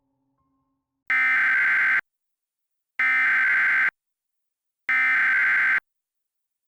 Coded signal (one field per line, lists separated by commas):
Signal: Emergency Alert System (SAME) tones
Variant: header bursts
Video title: EAS Scenario - "Us"